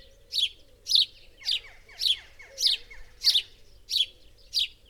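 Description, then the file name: House sparrow repeating sharp chirps roughly twice a second, with softer chattering notes between them and a faint low hum. "Passer domesticus"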